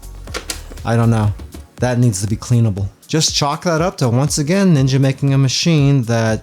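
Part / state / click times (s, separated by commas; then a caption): removable plastic part into a combo coffee/espresso machine / seated / 0.5 s. A removable plastic part is pressed into its slot on a Ninja combo coffee and espresso machine and snaps into place, with a sharp click at 0.5 s. Someone talks through the rest of the clip.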